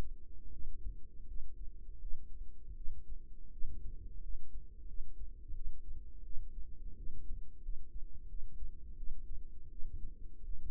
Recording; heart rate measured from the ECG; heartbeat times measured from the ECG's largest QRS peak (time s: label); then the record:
heart sounds by microphone in the right ear; 85 bpm
0.51 s: heartbeat
1.26 s: heartbeat
2.00 s: heartbeat
2.75 s: heartbeat
3.51 s: heartbeat
4.21 s: heartbeat
4.87 s: heartbeat
5.54 s: heartbeat
6.23 s: heartbeat
6.96 s: heartbeat
7.61 s: heartbeat
8.27 s: heartbeat
8.96 s: heartbeat
9.69 s: heartbeat
10.42 s: heartbeat
From the record:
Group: healthy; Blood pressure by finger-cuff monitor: 100/57 mmHg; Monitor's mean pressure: 69 mmHg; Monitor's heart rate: 85 bpm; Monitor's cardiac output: 7.3 L/min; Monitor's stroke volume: 85 mL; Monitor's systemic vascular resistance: 680 dyn s/cm5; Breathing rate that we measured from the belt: 19 breaths a minute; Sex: female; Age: 22 years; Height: 157 cm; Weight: 47.6 kg